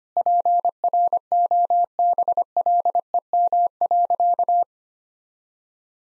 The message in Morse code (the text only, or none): PROBLEM.